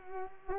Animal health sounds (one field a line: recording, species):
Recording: mosquito wingbeat signal from an infrared sensor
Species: Culex pipiens